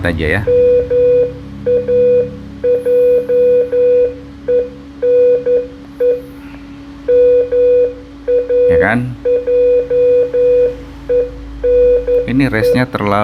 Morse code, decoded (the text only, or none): MAJENE MAJENE